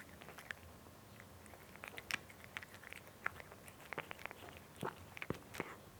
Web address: BBC Sound Effects Library (Cats) Cat Eating (Nice Crunchy Sound)